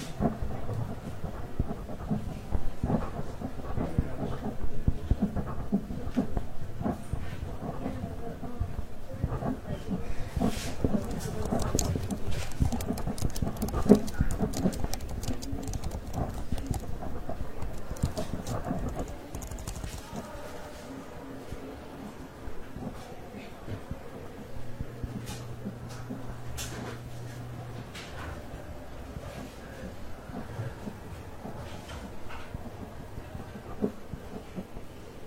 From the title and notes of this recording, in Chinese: 公共图书馆沉浸式学习 图书馆环境音 打字声 写字翻书。